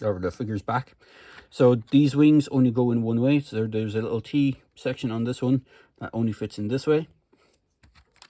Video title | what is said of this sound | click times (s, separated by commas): Mattel 93 Jurassic Park Mega review! | and then there's not on the opposite one and then that just snaps into place or just clicks into place | 8.2 s